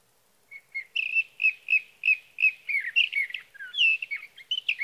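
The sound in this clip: Sage thrasher song that opens with evenly spaced, repeated short notes, about four a second, then speeds into a tangled, jumbled warble.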